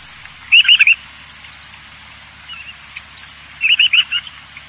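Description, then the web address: Bird calls: two short bursts of three or four quick chirped notes, roughly three seconds apart, over a faint steady background hiss. Recorded in Higashiosaka, Japan. "higashiosaka bird koe"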